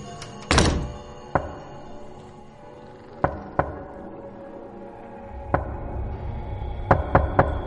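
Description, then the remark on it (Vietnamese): Soft, light knocks on a door at night, irregular and muffled: one heavier thud, then scattered single raps and a quick cluster of three toward the end, over a low steady background hum. “Tiếng gõ cửa vang lên rất rõ ràng ở trong màn đêm.”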